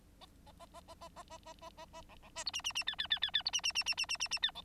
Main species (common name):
Bengalese Finch